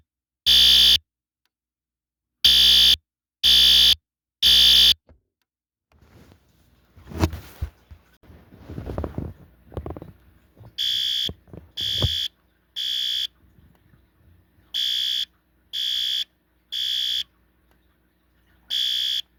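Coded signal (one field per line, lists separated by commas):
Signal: alarm pattern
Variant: electronic fire alarm horn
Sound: harsh buzzing horn, three half-second blasts then pause, repeating several times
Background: brief noisy clatter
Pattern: temporal three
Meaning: Temporal-3 pattern signals fire evacuation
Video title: System Sensor L Series Temporal Code 3 Fire Alarm Sound Effect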